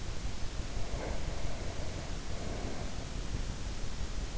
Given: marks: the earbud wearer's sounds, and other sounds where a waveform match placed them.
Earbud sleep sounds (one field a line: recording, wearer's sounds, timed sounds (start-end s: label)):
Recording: sounds in sleep by an in-ear microphone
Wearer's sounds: breath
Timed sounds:
0.61-3.34 s: breath